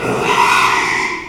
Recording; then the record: squeal of a Yucatan mini pig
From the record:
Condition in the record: after surgery on the right vocal fold (resection and tissue-engineered implant); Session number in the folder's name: 1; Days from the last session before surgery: 6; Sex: male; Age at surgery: 12 weeks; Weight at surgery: 13 kg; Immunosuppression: cyclosporine, prednisolone